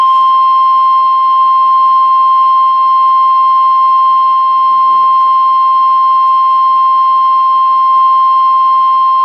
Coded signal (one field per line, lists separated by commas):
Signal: Emergency Alert System (SAME) tones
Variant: 1050 Hz attention tone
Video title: 12-25-12: [EAS #696] Tornado Warning